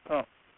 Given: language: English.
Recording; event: throat vibration sensor signal played as sound; speech